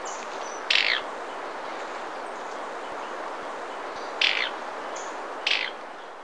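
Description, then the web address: Rufous-crowned Tody-Flycatcher calls: three short, high, buzzy notes spaced a few seconds apart over a steady hiss of background noise. Ecuador. "Natures Songs S America Birds of Ecuador Rufous-crowned Tody-Flycatcher"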